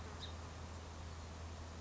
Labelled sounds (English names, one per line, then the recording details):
House Finch
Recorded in Sonoma County, California